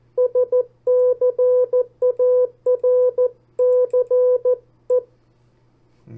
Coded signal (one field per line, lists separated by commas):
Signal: Morse code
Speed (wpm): 14 wpm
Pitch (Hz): 500 Hz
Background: none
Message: SCARCE